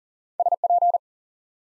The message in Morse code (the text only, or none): SP